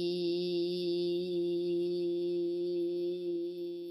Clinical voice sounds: sustained vowel /i/; female; 50 to 59 years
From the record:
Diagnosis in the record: healthy control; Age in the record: 50 years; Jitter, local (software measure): 0.27%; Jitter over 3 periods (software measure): 0.14%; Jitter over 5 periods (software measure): 0.18%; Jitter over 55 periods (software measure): 0.79%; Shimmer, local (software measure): 3.5%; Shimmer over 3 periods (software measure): 1.7%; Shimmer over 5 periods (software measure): 2.2%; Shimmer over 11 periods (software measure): 3.0%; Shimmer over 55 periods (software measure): 10.4%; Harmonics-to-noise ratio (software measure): 22.6 dB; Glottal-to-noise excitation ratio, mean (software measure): 0.90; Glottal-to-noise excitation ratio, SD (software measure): 0.030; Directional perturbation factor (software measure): 66.0%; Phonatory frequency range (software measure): 0.11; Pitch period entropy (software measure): 0.85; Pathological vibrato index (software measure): 0.26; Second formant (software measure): 3515 Hz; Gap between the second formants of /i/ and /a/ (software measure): 2211 Hz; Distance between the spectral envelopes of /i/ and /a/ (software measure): 14.7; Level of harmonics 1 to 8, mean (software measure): -19.1, -3.2, -23.6, -39.9, -48.7, -61.2, -61.4, -58.1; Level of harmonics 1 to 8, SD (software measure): 5.1, 2.8, 2.4, 4.3, 4.3, 5.9, 5.7, 3.2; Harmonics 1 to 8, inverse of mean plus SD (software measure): 0.041, 0.167, 0.038, 0.023, 0.019, 0.015, 0.015, 0.016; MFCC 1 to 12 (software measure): -0.7, 19.7, -23.0, -10.9, -20.4, -13.6, -1.6, -4.3, 0.7, 7.8, -2.8, -1.4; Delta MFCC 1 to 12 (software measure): -0.001, -0.008, 0.008, -0.011, 0.008, 0.002, -0.002, 0.012, -0.003, 0.023, -0.005, -0.006

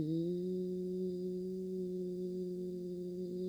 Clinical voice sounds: sustained vowel /i/; female; 30 to 39 years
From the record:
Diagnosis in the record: healthy control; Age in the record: 37 years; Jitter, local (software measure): 0.62%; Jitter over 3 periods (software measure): 0.34%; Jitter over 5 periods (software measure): 0.39%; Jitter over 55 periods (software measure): 0.76%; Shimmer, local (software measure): 4.2%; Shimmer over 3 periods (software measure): 2.0%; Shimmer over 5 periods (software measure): 2.6%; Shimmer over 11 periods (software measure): 4.0%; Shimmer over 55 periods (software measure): 8.0%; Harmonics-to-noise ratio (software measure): 18.5 dB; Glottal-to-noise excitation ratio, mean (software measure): 0.85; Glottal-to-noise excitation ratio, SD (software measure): 0.030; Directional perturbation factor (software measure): 73.5%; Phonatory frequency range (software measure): 0.33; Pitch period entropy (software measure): 2.39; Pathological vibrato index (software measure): 0.59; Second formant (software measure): 2444 Hz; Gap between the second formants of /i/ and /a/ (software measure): 1158 Hz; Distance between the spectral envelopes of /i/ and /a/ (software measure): 10.2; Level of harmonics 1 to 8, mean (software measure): -7.8, -5.4, -27.2, -51.9, -67.9, -69.4, -68.9, -69.7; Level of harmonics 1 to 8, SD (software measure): 1.9, 1.9, 4.0, 6.1, 6.2, 6.5, 5.5, 5.8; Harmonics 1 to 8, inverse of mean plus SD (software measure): 0.103, 0.138, 0.032, 0.017, 0.014, 0.013, 0.013, 0.013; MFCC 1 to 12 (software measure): 7.0, 16.9, -8.4, -12.7, -21.8, -5.2, -9.3, 0.4, -6.4, -1.5, -5.7, -2.1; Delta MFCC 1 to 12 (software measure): -0.006, -0.006, -0.006, -0.011, -0.010, 0.006, 0.021, -0.008, 0.007, -0.005, -0.004, 0.001

